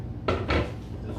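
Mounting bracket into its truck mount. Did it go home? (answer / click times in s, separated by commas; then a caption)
yes / 0.3 s. A metal truck mounting bracket is slid onto its truck mount until the sheet-metal catch on the back locks it in place. A sharp metallic click lands at 0.3 s, followed by a longer clattering knock at 0.5 s, then low background hum. The bracket is seated and locked into its mount.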